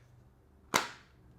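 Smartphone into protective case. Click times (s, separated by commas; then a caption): 0.8 s. A natural titanium iPhone 16 Pro Max is pressed into a Smartish Gripzilla protective case, which is 3.9 millimeters thick and has grip running around its sides. A single sharp, bright click at 0.8 s rises sharply over a quiet background and decays quickly. The phone is seated firmly in the case with a very solid click.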